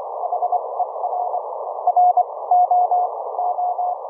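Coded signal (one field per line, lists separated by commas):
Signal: Morse code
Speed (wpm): 25 wpm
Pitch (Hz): 720 Hz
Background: none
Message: HERR O O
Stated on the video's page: Live HF QSO audio from the rig streamed over a wired LAN as TCP Opus audio through a Raspberry Pi to a remote laptop.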